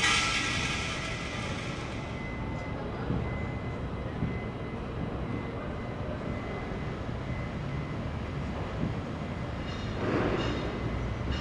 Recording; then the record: background sound without coughing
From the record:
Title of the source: 30 MINUTES Construction Site Ambience (CC BY 4.0)